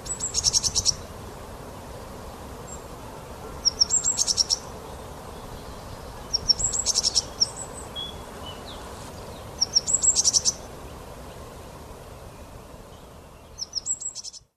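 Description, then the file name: Great tit calling in short bursts of high repeated notes, roughly every three seconds, over a steady low background hiss. "Parus major"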